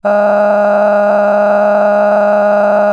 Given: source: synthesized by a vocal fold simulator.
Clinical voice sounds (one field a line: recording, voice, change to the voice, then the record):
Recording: sustained vowel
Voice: female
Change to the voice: cycle-to-cycle stiffness perturbation (roughness), level 8 of 10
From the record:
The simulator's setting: 5.22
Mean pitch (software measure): 206 Hz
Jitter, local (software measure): 2.51%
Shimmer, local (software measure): 16.7%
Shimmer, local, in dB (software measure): 1.46 dB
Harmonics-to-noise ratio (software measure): 11.8 dB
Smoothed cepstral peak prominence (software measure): 14.2 dB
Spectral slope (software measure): -21.8 dB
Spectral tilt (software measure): -11.8 dB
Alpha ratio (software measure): -12.3 dB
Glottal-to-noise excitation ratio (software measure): 0.948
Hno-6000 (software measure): 2.4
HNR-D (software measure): 33.5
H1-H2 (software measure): 6.3 dB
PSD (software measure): 1.1e-04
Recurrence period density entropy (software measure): 0.112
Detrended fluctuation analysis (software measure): 0.0289